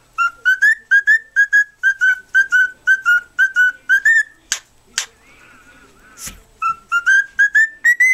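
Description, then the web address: Cockatiel singing a run of quick, short whistled notes that partly rise in pitch, interrupted midway by a few sharp clicks and scratchy sounds, then resuming. "birds cockatiel Cockatiel. sings"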